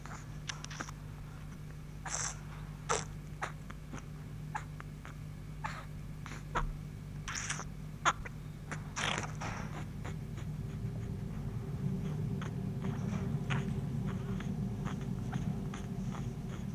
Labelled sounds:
Chimpanzee
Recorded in captivity
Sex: female
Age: juvenile
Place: Kinderklinik der Charitè, Berlin, DE
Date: 1965-02-26
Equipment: Smaragd
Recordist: unbekannt, keine Angabe

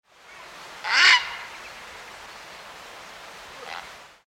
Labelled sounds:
Grey Heron
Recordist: Tembrock, Günter
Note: Rufe im Flug

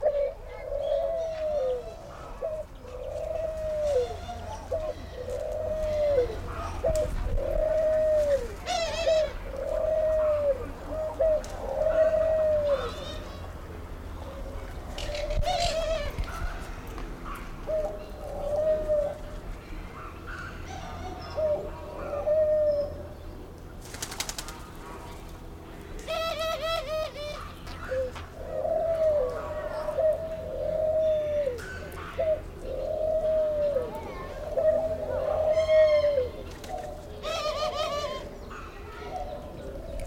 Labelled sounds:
African Collared Dove call
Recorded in captivity
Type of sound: call sequence
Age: adult
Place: Vogelpark Bad Rothenfelde, Niedersachsen, DE
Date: 1991-09-16
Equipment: Marantz, Sennheiser ME 80, Kopie Tesla B 116
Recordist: Tembrock, Günter
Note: Diverse Lautfolgen

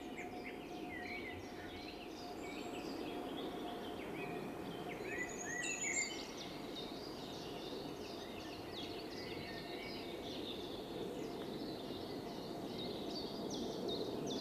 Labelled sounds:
Common Firecrest call
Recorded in the wild
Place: Schmelz, Saarland, DE
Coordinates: 49.4789, 6.87778
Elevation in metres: 240
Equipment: Nagra IV, Sennheiser MKH 405, Parabolreflektor
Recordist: Tretzel, Erwin

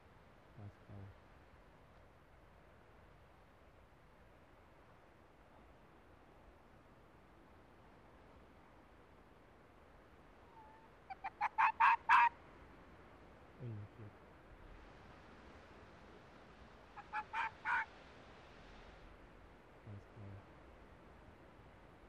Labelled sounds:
Arctic Fox barking
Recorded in the wild
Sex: pair
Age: adult
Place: Insel Mednyi, Kommandeur-Inseln, RU
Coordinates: 54.5167, 168.083
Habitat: tundra
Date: 1999-07-26 10:41
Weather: fair, almost no clouds, ca. 15°C, no wind
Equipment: Sony TCD-D8, Sennheiser MKH 70, Windkorb
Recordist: Frommolt, Karl-Heinz
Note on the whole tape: Zwischen Kap Dlinnyi und Kap Kalamak: Wechselbellen von Polarfuchsrüden rechts Weiß/Blau 56 (geb. 1996) und Fähe (Grün/Orange 5 - hier noch unmarkiert). Entfernung 10 bis 20 m. Ungeschnittene Aufnahme

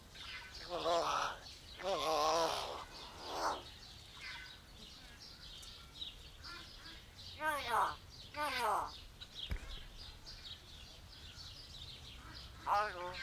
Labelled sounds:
Common Hill Myna
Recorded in captivity
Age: adult
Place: Zoo Berlin, Berlin, DE
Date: 1992-06-20 12:03
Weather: wolkig-heiter, 20-24°C
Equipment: Marantz CP 430, Sennheiser ME 80, Kopie Tesla B 116
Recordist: Tembrock, Günter

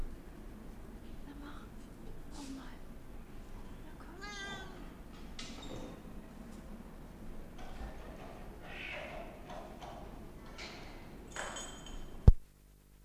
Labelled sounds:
Wildcat call
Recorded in captivity
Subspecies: griselda
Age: adult
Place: Zoo Berlin, Berlin, DE
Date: 1959-08-10 15:45
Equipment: Reporter (Vollspur)
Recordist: TSA
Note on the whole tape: Falbkatze. Maunzen. Vor der Fütterung. Abstand 0,5 m

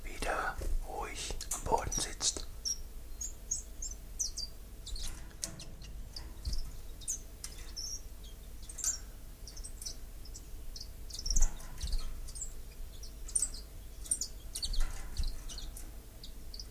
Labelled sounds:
Common Chiffchaff
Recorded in captivity
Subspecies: collybita
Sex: pair
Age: adult
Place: Zoologisches Institut Universität Tübingen, Baden-Württemberg, DE
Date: 1963-04-01
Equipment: LGS26
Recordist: Schneider, Hans-Joachim

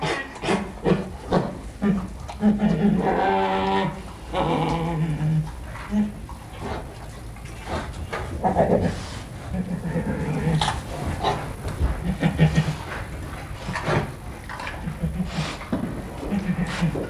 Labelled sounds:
Sun Bear call
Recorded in captivity
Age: adult
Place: Tierpark Berlin, Berlin, DE
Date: 1962-12-31 13:00
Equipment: Minifon, Kopie Smaragd
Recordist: Tembrock, Günter

